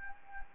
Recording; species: mosquito wingbeat signal from an infrared sensor; Anopheles gambiae